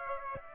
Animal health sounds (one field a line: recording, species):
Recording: mosquito wingbeat signal from an infrared sensor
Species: Aedes aegypti